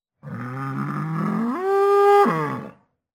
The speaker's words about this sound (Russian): Оно раскрыло свою огромную пасть с 3 рядами острых кривых зубов и громогласно замычало на всю округу.